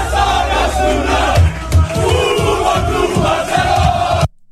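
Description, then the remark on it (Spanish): A group of men, Barcelona football players, shouting and chanting together in a loud, raucous celebration in the locker room after the victory over Osasuna, with rhythmic bursts and cheers over about four seconds before it cuts off abruptly. “Ayer era Piqué, muchos abrazos, como no era de esperarse, a todos sus seguidores, el ambiente en los vestuarios luego de la victoria ante el Osasuna, en general, fiesta total, fiesta total.”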